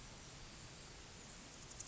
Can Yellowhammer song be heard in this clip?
no